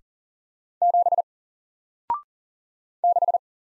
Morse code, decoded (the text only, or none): 7 6